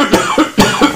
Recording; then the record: coughing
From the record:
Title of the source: Spring Allergy Coughing